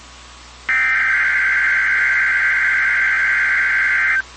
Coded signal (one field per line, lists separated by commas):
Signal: Emergency Alert System (SAME) tones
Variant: header bursts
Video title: (PARTIAL VALID TONES) EAS Tornado Watch for Ohio, Kentucky, and Indiana! (04/02/24)